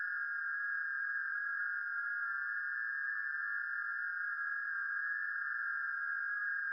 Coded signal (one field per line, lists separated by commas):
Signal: FT8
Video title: [LIVE - INTERACTIVE - 360] - Rev Jon Valt's Parasocial Social Hour! - Music, Ham Radio, Shenanigans